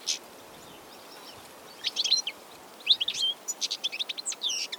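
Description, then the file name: European goldfinch twittering with quick bright chirps, building into a rapid run of repeated tinkling notes toward the end, over soft background hiss. "chardonneret elegant - carduelis carduelis"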